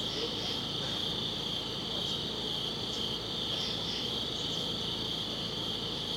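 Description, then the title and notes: Crickets chirping in a steady high-pitched chorus, a continuous shimmering trill with faint paired chirps rising above it now and then. Crickets outdoors at a summit at dusk. "Ext. Summit Crickets, Dusk by Bandeto"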